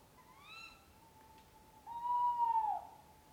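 Owl hoots, a faint rising note first, then a louder, drawn-out, steady whistled hoot that fades away near the end.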